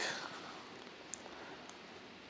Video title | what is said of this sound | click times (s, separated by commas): AnyRidge Connection - MegaGen UK | when removing the screw you will notice that if you push down you can hear a click | 1.1 s